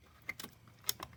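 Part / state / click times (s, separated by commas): oxygen sensor wiring connector into harness connector / seated / 0.9 s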